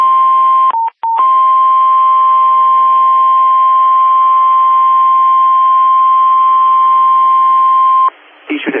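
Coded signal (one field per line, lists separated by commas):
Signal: Emergency Alert System (SAME) tones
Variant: 1050 Hz attention tone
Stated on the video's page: Captured from NOAA weather radio station via website stream.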